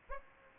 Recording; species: mosquito wingbeat signal from an infrared sensor; Aedes aegypti